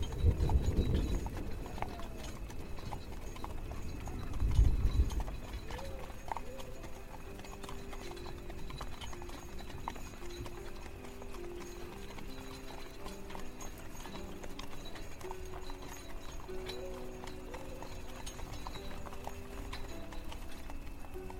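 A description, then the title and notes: Horse hooves clip-clop steadily throughout a carriage ride through the woods, a regular trotting rhythm with rattling and creaking. Two heavier low thumps or bumps come near the start and around five seconds, then a faint wavering tone hums beneath the hoofbeats. Carriage ride through the woods on the way to the castle. Carriage/ horse snort.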